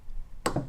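A torque wrench tightening a connecting rod cap bolt on the crankshaft of a Tillotson 236cc racing mini bike engine clicks sharply at its set torque at 0.5 s, followed by a softer tap at about 0.6 s. The bolt is torqued fully so it won't come loose under vibration and lose the rod, and the click confirms it has reached its setting.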